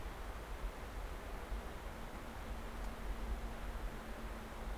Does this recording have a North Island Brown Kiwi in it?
no